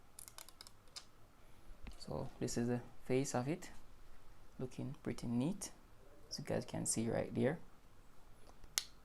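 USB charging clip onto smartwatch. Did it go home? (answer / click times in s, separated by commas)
yes / 8.8 s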